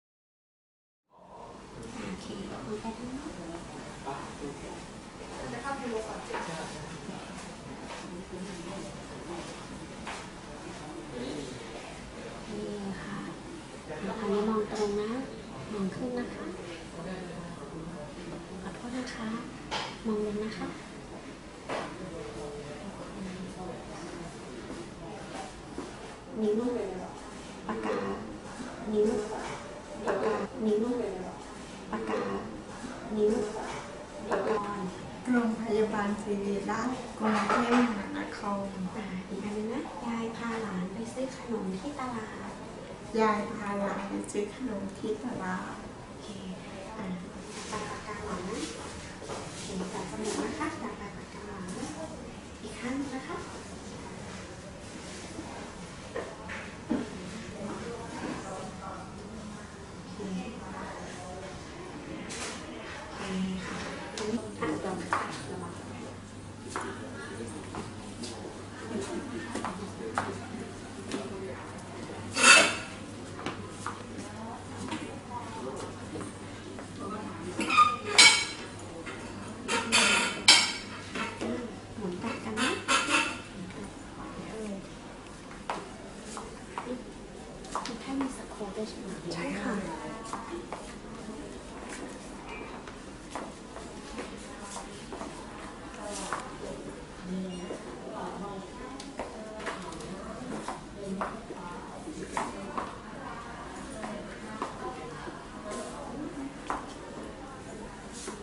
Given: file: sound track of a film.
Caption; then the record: Phenomenology of the patient. (Segment 1) Saccadic pursuit, hypermetric saccades, horizontal and vertical gaze-evoked nystagmus; (Segment 2) Scanning speech, finger dysmetria; (Segment 3) Wide-based ataxic gait as well as spastic gait, and bilateral Pes cavus.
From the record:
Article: Autosomal Recessive Spastic Ataxia of Charlevoix-Saguenay (ARSACS) in a Thai Patient: The Classic Clinical Manifestations, Funduscopic Feature, and Brain Imaging Findings with a Novel Mutation in the SACS Gene